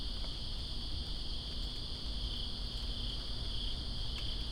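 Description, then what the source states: Cricket: short stretch of constant high-pitched cricket trilling over steady rainfall noise. Crickets recorded in rain, Greensboro, 2 September 2017.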